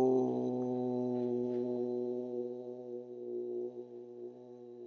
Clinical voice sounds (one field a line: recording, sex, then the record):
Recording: sustained vowel /u/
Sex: male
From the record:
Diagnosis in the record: healthy control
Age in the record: 77 years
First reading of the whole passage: 68 s, 7.6 characters per second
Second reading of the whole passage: 60 s, 8.3 characters per second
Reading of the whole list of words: 67 s, 4.2 characters per second